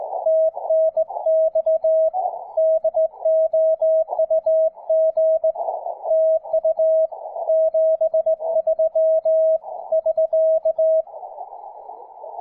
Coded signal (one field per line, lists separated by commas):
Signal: Morse code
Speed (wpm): 18 wpm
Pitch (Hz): 640 Hz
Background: music, radio noise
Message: TNX DOUG TU 73 <SK>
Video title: SKCC WES: Calling CQ